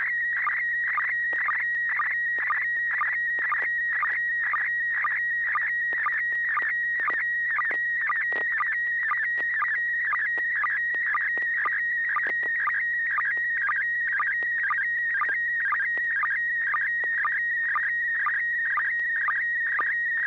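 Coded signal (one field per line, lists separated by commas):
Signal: SSTV (slow-scan television)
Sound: warbling tone near 2 kHz with a rhythmic chirping tick about twice a second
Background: low hum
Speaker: This net serves for training and practice in image transmission modes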